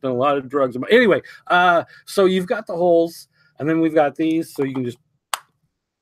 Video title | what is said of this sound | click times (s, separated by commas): Voltron Classic '84 Unboxing and Review! | yeah did you hear that snap that | 5.3 s